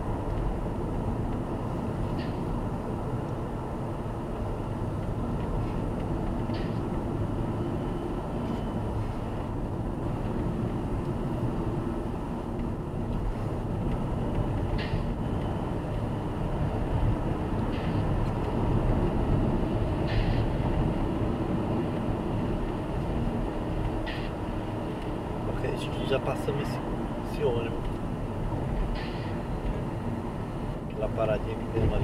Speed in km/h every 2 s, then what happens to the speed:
65, 65, 65, 65, 64, 61, 63, 68, 73, 67, 65, 63, 62, 59, 57, 54.
0-11 steady at about 65. 11-16 speeds up to 73. 16-32 slows to 54.